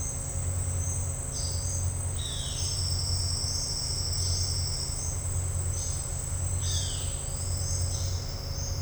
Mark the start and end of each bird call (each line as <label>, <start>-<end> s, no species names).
bird call, 2.18-2.69 s
bird call, 6.60-7.19 s